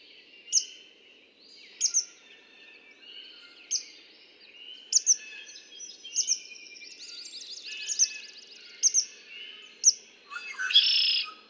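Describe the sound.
Red-winged blackbird singing a loud buzzy trill at the end, after scattered sharp high chips and a brief rapid series of notes.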